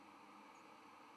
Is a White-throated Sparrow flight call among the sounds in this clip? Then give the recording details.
no. Another species' flight call is heard. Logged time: 07:25 on 11 November 2014